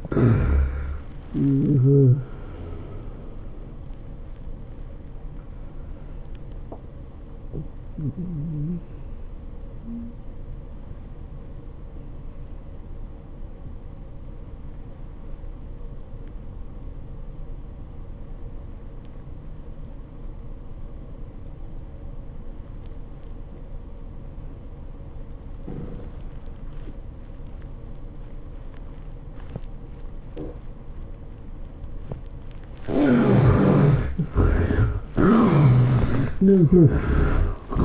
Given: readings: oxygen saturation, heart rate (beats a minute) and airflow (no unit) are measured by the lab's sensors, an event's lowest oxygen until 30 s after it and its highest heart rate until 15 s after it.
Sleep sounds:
breathing in sleep by a smartphone at the bedside; 1
11.00-33.50 s: obstructive apnea (N1, oxygen 97% highest, then 70% lowest, heart rate 93 at the start, 107 highest)
From the record:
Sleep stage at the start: N1 (lightest sleep); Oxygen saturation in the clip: 71 to 97%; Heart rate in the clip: 75 to 106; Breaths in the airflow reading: 4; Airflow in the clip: -13.6 to 12.6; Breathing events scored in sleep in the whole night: 403 in 5.5 hours asleep

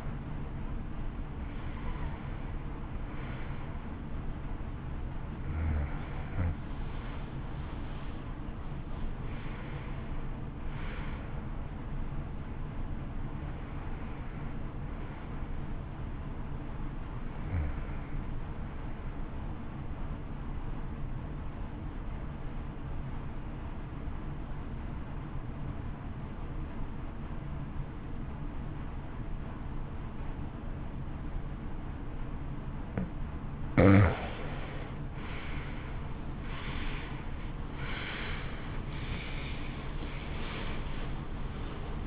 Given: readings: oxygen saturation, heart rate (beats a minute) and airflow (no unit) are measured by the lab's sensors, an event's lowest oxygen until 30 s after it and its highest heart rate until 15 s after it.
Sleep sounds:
breathing in sleep by a smartphone at the bedside; 1
22.00-33.10 s: obstructive apnea (N1, oxygen 95% highest, then 86% lowest, heart rate 57 at the start, 69 highest)
23.00-42.07 s: new sleep stage, N2 (light sleep)
From the record:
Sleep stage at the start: N1 (lightest sleep); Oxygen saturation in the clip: 86 to 95%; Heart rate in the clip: 55 to 66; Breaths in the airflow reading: 8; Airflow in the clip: -17.6 to 16.0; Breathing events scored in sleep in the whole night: 328 in 6.3 hours asleep

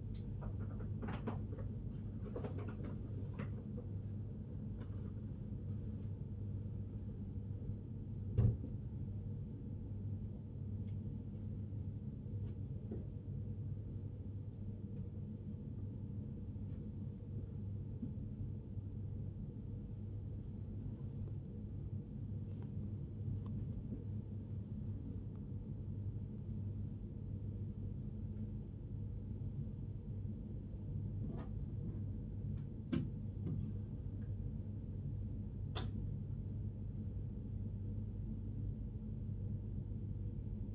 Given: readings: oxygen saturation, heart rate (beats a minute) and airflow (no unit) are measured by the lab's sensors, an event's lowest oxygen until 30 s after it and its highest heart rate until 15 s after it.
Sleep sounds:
breathing in sleep by a smartphone at the bedside; none
none scored
From the record:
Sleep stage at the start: N1 (lightest sleep); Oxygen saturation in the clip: 94 to 96%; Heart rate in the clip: 58 to 76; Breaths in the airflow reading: 14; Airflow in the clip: -6.2 to 6.8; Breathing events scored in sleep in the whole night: 103 in 8.4 hours asleep

